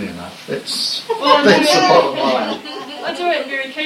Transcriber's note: laughter